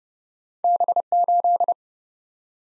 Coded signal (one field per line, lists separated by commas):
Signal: Morse code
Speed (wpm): 30 wpm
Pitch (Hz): 700 Hz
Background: none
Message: B8